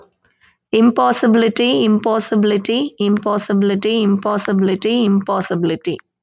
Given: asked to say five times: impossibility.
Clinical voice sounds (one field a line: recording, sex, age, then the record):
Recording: repeated word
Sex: female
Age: 30 to 39 years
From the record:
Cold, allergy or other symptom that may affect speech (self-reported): no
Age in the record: 30 years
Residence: Georgia, United States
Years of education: 18